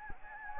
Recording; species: mosquito wingbeat signal from an infrared sensor; Anopheles gambiae